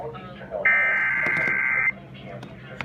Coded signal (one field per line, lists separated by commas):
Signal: Emergency Alert System (SAME) tones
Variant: header bursts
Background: speech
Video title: some EAS alert not too much ¯\_(ツ)_/¯ | EAS #38 - 52